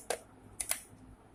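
A plastic camcorder battery pack is fitted onto a battery charger so its plus and minus contacts connect with the charger's. A soft knock is heard at about 0.1 s, then short clicks at 0.6 s and 0.7 s as the battery locks into place on the charger. It can be opened again by pressing a little harder.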